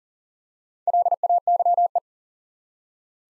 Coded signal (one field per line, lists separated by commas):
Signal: Morse code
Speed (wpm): 39 wpm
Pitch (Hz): 700 Hz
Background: none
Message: LAYE